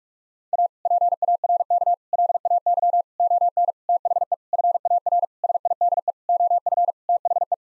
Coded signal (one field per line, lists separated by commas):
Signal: Morse code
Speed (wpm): 46 wpm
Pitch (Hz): 700 Hz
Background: none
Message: A PARK LAY ON THE FAR SIDE OF THE